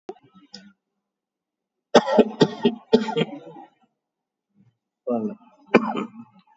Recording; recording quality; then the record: shallow voluntary cough; excellent, no background noise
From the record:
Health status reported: COVID-19 positive, no symptoms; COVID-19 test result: positive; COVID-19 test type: RT-PCR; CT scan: taken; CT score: 2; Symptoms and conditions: fatigue, hypertension, diabetes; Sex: male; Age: 48 years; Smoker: no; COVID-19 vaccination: one dose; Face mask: worn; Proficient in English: yes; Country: India